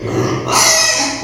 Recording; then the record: squeal of a Yucatan mini pig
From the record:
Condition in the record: before surgery on the right vocal fold (resection and tissue-engineered implant); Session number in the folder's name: 2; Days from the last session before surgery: 0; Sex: male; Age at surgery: 12 weeks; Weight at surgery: 13 kg